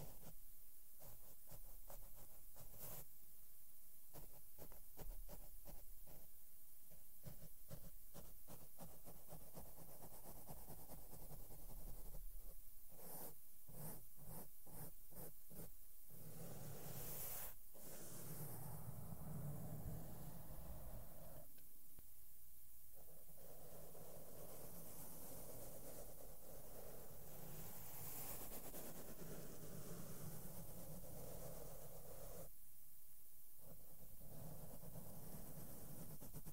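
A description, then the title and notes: Makeup brushes sweep over a microphone, making a dense, steady rustling hiss with low rumble throughout. Quick rhythmic strokes tick at the start and again around 12–16 seconds, a sharp thump of touching lands near 17 seconds, and brief pauses break the sound near 22 and 33 seconds. ASMR SOFT SOUNDS WITH MAKEUP BRUSHES ON MIC AND MICROPHONE TOUCHING.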